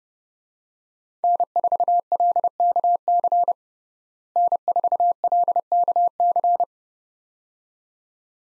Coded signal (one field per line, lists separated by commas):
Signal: Morse code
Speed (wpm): 30 wpm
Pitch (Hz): 700 Hz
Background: none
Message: N4LKC N4LKC